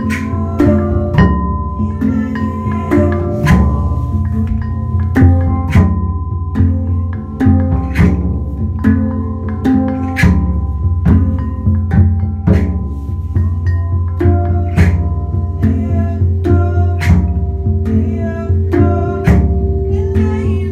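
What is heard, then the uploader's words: A drum circle plays at a steady, regular pulse, with sharp strikes landing every fraction of a second over a deep, booming low end. Sustained ringing tones, like bells or metal chimes, hang over the beat throughout, and the playing stays dense and even. Rhythm Circle, Drum Meditation Hosted by: Rhythm Bird and Chrissy Kirkwood. Recorded in Nashville TN using an iPhone 7 at Be One Yoga and Wellness, Urban Ecovillage East Nashville.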